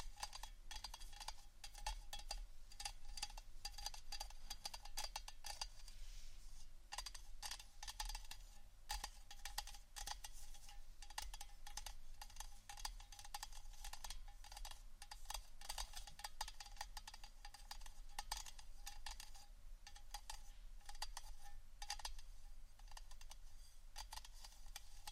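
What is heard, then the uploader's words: Scratching and tapping on various items, a dense, continuous run of small clicks and scrapes that keeps going for the whole clip. The sound is bright and crisp, with rapid irregular taps and a faint low hum underneath. ASMR Scratchtap On Various Items （No Talking）.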